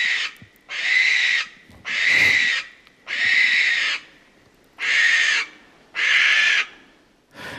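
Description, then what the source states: Barn owl screeching: several harsh, hissing screeches, each just under a second long, with quiet gaps between them. Nocturnal caller; also known as eastern barn owl, the old name for these birds in Australia.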